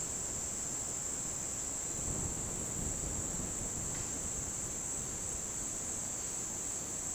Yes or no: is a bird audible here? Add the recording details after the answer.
no. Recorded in dense forest near Puerto Asís, Putumayo, Colombia, on 18 February 2024 at 17:30. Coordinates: 0.486, -76.316. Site G6437